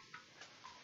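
An SD memory card is slid by hand into the card slot of an Icom ID-5100 mobile radio, which needs a firm push until it clicks or the card springs back out. Three short, light ticks are heard at about 0.1, 0.4 and 0.7 seconds over a low hiss. Nothing has seated or clicked into place yet.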